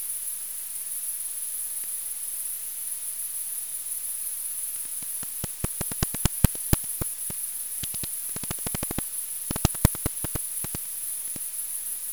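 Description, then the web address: Bat echolocation: rapid dry clicks in several irregular bursts after a quiet start, over a constant high-pitched hiss throughout. Recorded with a bat detector on 21 August 2018. "Bat Explorer recordings 21-08-2018"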